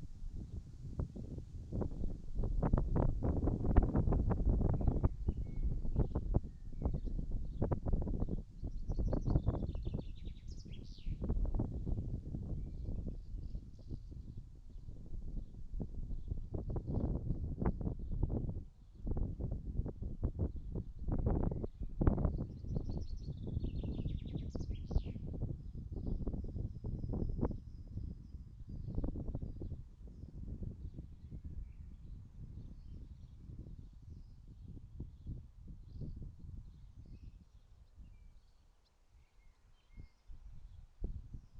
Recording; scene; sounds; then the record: everyday scene through a hearing-aid microphone; wind on the microphone; wind, birds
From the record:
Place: in front of a rural house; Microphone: in the ear canal, right